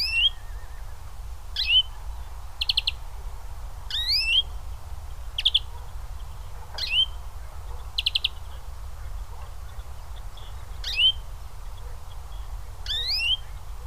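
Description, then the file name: European greenfinch giving repeated upslurred, whistled calls mixed with short rapid chattering trills, roughly every one to three seconds, against a constant low-pitched background rumble. "Chloris chloris"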